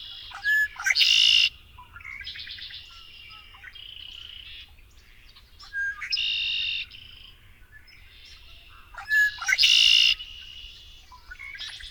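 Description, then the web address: Red-winged blackbird song: short introductory notes followed by loud, harsh buzzy bursts, given three times, with quieter chattering notes between and a low steady hum beneath. "Songs of Birds of North America Know Your Bird Sounds Common Western Species 46-Red-winged Blackbird"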